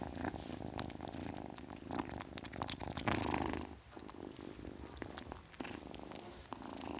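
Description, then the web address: Domestic cat purring, a low continuous throbbing rumble that swells in the middle and briefly dips, with scattered small clicks and rustles over it. Ten-week-old kitten, purring. "BBC Sound Effects Library Cats Ten Week Old Kitten, Purring"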